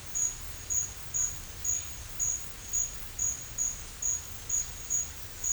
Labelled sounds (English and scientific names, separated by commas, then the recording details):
none
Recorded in pastures near Puerto Asís, Putumayo, Colombia, on 21 December 2024 at 10:30
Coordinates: 0.496, -76.326
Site G004